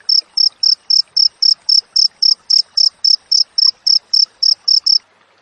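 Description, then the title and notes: Cricket chirping, high pulsed chirps repeated steadily about four times a second, then stopping near the end; faint scattered background noise below. Wild crickets with tightly spaced chirps, used for training songbirds and for repelling rats. "Masteran Jangkrik Alam Jernih, Jeda Rapat Cocok Untuk Masteran Burung Dan Mengusir Tikus. suara jangkrik"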